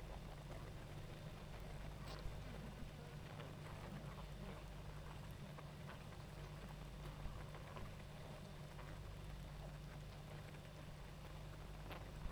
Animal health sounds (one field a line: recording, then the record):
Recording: honeybee colony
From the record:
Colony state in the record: active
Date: 28 July 2017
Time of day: 19:22